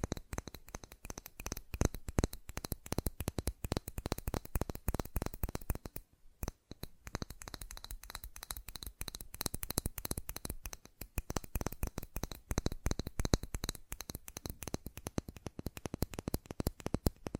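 Fast tapping runs almost without pause, a dense stream of sharp, crisp clicks that patter faster than they can be counted. The taps are bright and dry, with a brief lull around six seconds and a sparser patch near eleven before the rapid rhythm resumes.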